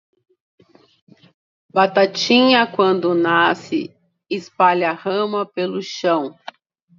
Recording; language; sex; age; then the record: short text; Brazilian Portuguese; female; 60 to 69 years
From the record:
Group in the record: control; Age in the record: 61 years